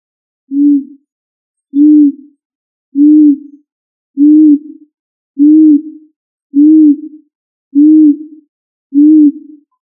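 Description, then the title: Pigeon cooing: eight low, soft, rounded notes, each slightly rising then falling, repeated evenly about every 1.2 seconds against silence. "Familia ColumbidaePomba"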